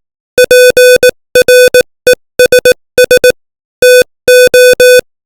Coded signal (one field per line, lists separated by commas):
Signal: Morse code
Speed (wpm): 18 wpm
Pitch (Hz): 500 Hz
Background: music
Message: PRESS TO